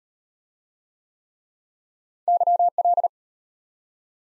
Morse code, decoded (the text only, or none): YL